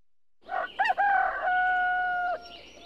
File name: derevnya petuhi i korovi na fone ptici